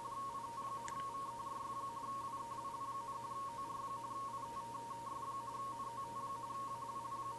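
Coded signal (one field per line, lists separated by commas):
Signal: RTTY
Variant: 45.45 baud, 170 Hz shift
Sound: rapid warbling between two close tones near 1 kHz, continuous, over low hum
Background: low hum, radio static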